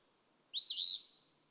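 Eastern phoebe singing one short, harsh, burry phrase that rises and then drops, over a quiet background.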